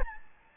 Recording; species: mosquito wingbeat signal from an infrared sensor; Aedes albopictus